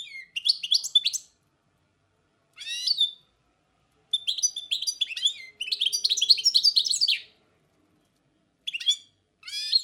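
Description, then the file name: Song Thrush song: bright, varied whistled phrases delivered in bursts with pauses, including rapid chattering runs and repeated notes. Forest songbird singing. "Pevchie pticy lesa - CSHegol"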